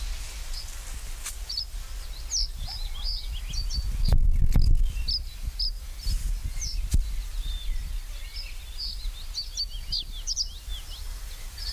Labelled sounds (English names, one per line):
Reed Bunting song